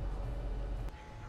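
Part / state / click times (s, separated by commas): sunshade into a rear side window frame / seated / 0.9 s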